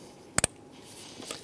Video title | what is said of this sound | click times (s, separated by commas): How to Replace Fuel Injector 2005-2010 Chrysler 300 | you can hear and feel it lock into place | 0.4 s